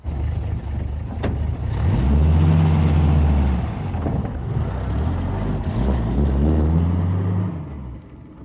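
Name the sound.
truck driving away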